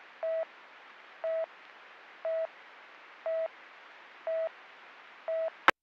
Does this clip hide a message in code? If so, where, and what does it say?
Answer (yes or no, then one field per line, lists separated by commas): no